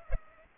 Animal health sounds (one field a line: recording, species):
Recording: mosquito wingbeat signal from an infrared sensor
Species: Culex pipiens